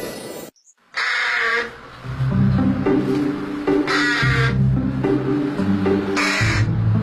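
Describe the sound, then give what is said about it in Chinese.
Harsh, raspy caws of a carrion crow, a black bird with a purple sheen about 45 to 53 cm long, come in repeated bursts, about four loud calls spaced out over several seconds, over a steady low rumbling background. “我叫小嘴乌鸦，体长45到53厘米左右。”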